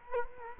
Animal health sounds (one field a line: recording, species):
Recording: mosquito wingbeat signal from an infrared sensor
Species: Culex quinquefasciatus